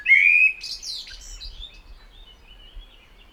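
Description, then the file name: Common blackbird song fragment: a loud rising whistled note followed by fainter scratchy twittering at high pitch. "Turdus merula"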